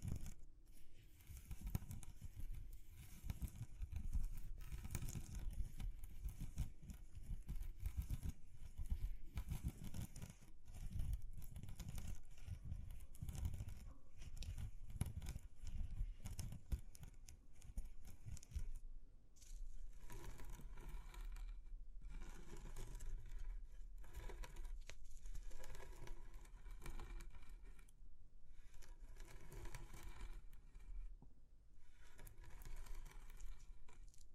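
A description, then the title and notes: ASMR texture sounds: dense, continuous scratching, crinkling and tapping fill the recording, with a low rumbling thud running under the first eighteen seconds. After about nineteen seconds the low end drops away and the sounds turn lighter and more clipped, with brief pauses between bursts. ASMR Exploring Textures (No Talking).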